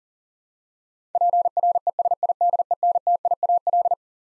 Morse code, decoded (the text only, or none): PRESIDENTIAL